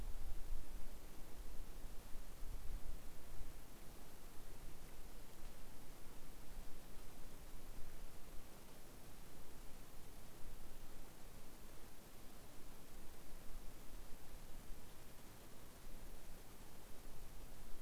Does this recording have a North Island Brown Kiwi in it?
no